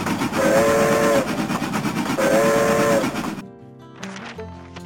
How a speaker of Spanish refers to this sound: Espero el silbido del jefe de estación.